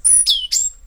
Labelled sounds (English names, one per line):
Stitchbird song